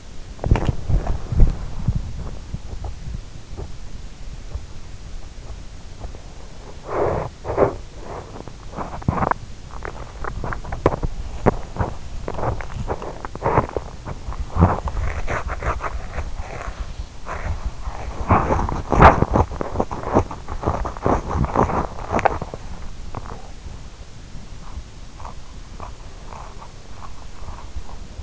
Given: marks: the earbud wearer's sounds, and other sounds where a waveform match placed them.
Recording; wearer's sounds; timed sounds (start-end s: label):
sounds in sleep by an in-ear microphone; body movement, swallowing, teeth grinding
0.28-28.23 s: body movement
9.52-10.18 s: swallowing
10.76-15.32 s: teeth grinding
22.04-23.55 s: swallowing